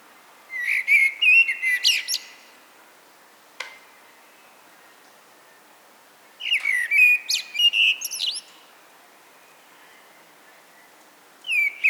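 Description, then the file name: Eurasian blackbird song, with a warbled flute-like phrase topped by shrill chattering notes, repeated about every six seconds, with quiet pauses between. "Turdus merula"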